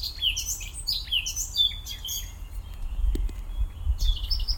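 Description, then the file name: Eurasian blackcap song: a quick run of high warbled notes in the first two seconds, a brief pause, then a few more chirps over low background noise. "Sylvia atricapilla"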